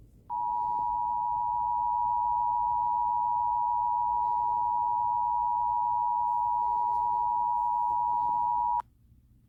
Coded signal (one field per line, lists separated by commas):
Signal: Emergency Alert System (SAME) tones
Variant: 853 and 960 Hz attention tone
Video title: Eas svr in the san Francisco Bay area Eas#433